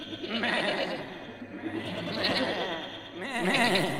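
Several goats in a stable bleat over one another in wavering, quavering cries, with no pause across the few seconds and the loudest calls near the end.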